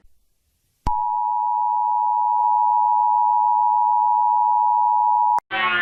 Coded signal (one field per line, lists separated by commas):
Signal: Emergency Alert System (SAME) tones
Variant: 853 and 960 Hz attention tone